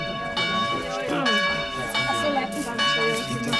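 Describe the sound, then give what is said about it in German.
A bell rung by a man pulling firmly on its rope rings out with steady, resonant metallic tones that sustain throughout, while a voice talks over the ringing. “Da ertönt die Glocke, weil, ehe die Köchin sich's versieht, fest er an der Kordel zieht.”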